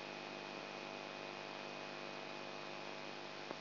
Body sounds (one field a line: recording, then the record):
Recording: brain microelectrode recording played as sound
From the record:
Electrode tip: outside the subthalamic nucleus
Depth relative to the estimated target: -6 mm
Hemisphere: right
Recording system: AlphaMap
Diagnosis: Parkinson's disease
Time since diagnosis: 9 years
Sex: male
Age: 58 years